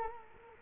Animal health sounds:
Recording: mosquito wingbeat signal from an infrared sensor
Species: Culex quinquefasciatus

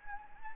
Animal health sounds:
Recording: mosquito wingbeat signal from an infrared sensor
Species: Anopheles arabiensis

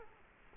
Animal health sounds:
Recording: mosquito wingbeat signal from an infrared sensor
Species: Culex quinquefasciatus

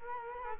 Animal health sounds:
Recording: mosquito wingbeat signal from an infrared sensor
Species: Culex quinquefasciatus

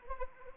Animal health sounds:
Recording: mosquito wingbeat signal from an infrared sensor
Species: Anopheles arabiensis

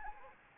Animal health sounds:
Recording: mosquito wingbeat signal from an infrared sensor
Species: Anopheles arabiensis

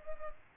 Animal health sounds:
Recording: mosquito wingbeat signal from an infrared sensor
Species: Culex pipiens

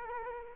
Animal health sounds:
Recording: mosquito wingbeat signal from an infrared sensor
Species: Culex quinquefasciatus

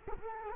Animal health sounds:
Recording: mosquito wingbeat signal from an infrared sensor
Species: Culex quinquefasciatus

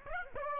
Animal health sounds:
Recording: mosquito wingbeat signal from an infrared sensor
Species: Aedes aegypti

